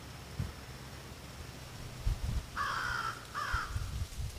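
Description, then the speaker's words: American Crow, a pair of hoarse caws near the end, with low thumping noise throughout. American crow cawing; crows often seen in groups. "Did you hear the American crow cawing in the latest nature sound?"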